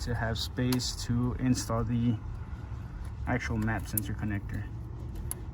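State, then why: Seated. Someone talks while the MAP sensor wiring connector is pushed onto the relocated MAP sensor on a GMC AT4 truck's intake. The connector snaps home with a sharp click at 5.3 s and is seated; the gray/white locking tab is yet to be pushed in.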